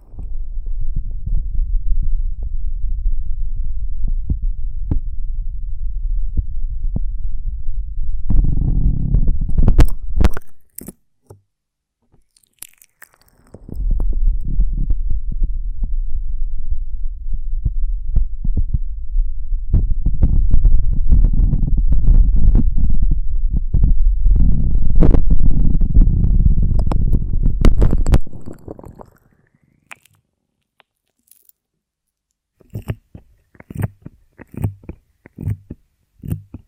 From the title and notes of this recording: ASMR of a Honeycomb on Branch (No Talking).